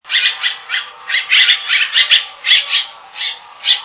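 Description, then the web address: Grackle giving harsh, raspy squawks in a quick uneven series, about a dozen grating bursts in four seconds, with no other sounds. "naturesongs grackle"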